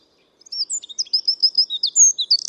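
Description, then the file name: Eurasian wren giving a brief stretch of song: quick, piercing high notes and short twittering phrases running for about two seconds after a silent start. "Troglodytes troglodytes"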